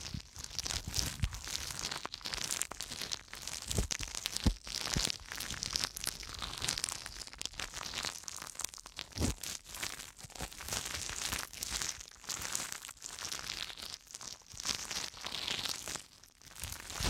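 Tingly ear cleaning: a steady, dense run of scratchy, crinkling rubs and soft crackles that never pauses for long. The sounds are bright and papery, with small louder pops now and then.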